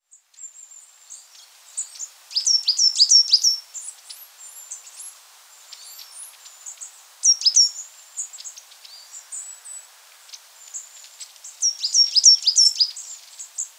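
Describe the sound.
Coal tit singing high, quick phrases of repeated sharp notes sweeping downward, given in bursts roughly every four to five seconds, with faint thin twittering in between.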